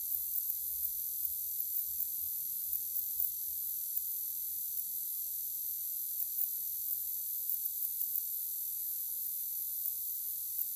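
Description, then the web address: Straight-lanced meadow katydid song, a continuous thin, high sizzling buzz held at even strength throughout, with no pauses and no other clear sounds. North America. "Songs of Insects. Straight-lanced Meadow Katydid"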